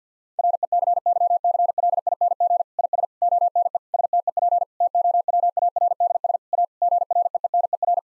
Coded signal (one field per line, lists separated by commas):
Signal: Morse code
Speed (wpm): 50 wpm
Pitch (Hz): 700 Hz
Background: none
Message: RECYCLING IS ONE STEP TOWARDS A GREENER